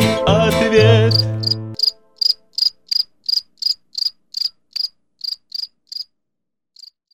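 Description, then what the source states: Grasshopper chirping after music ends, short high scratchy pulses repeated steadily about three times a second, then a pause and a last faint chirp. Played right after a riddle whose answer is the grasshopper.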